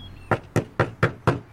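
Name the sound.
knocking on a door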